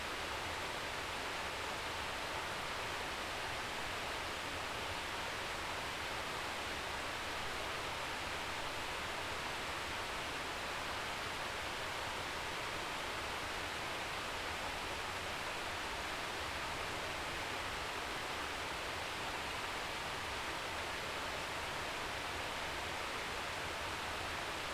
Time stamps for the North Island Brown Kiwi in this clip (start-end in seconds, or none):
none